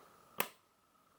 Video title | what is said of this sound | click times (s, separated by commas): LACURA NECTAR EYESHADOW PALETTE - Urban Decay Honey palette dupe??? | does it have a satisfying snap it's pretty good | 0.4 s